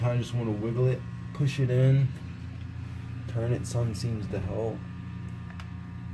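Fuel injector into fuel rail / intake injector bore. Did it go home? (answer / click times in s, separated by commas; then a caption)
yes / 5.5 s, 5.6 s. Someone talks while a large fuel injector with oiled O-rings is wiggled, pushed and turned into its bore in the fuel rail / intake of a turbo minivan. Two quick pops at 5.5 and 5.6 seconds mark the injector hitting the bottom and seating.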